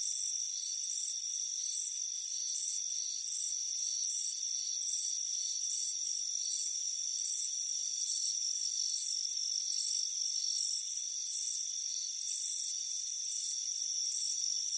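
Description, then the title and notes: Crickets give brisk, regular high chirps, a little more than one per second, against a steady shrill drone. Crickets chirping on a warm afternoon by a front porch. "Soothing Crickets Chirping Sound. It's a warm afternoon as you relax in a hammock on the front porch. Relax and fall asleep to the soothing sound of chirping crickets. Deep Sleep Sounds"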